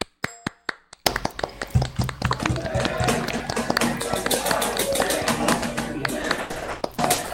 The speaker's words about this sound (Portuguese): Quero que todos deem uma salva de palmas aí, tá?